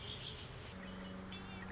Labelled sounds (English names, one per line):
Red-winged Blackbird